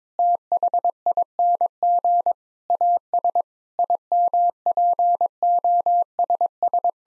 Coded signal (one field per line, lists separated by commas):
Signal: Morse code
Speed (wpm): 21 wpm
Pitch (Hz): 700 Hz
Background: none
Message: THING AS IMPOSS